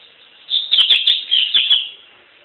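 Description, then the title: Double-collared seedeater singing a rapid string of sharp, sweet chirps for about one and a half seconds, notes tumbling together in a lively phrase. "Canto Coleiro"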